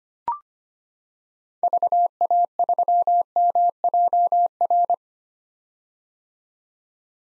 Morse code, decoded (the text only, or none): VA3MJR